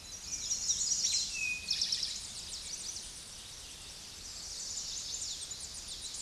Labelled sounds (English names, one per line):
Eastern Towhee song